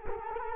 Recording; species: mosquito wingbeat signal from an infrared sensor; Culex quinquefasciatus